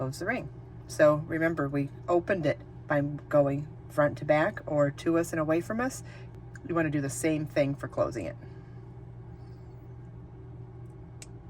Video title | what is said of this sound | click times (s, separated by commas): LEFT HAND How to Crochet Super Fast and Easy Sun Flower Earrings Crochet Pattern | And you should hear a little click when it's all the way back in place. | 11.2 s